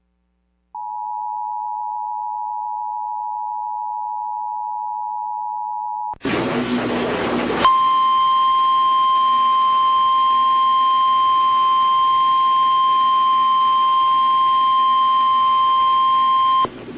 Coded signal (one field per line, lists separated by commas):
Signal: Emergency Alert System (SAME) tones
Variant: 853 and 960 Hz attention tone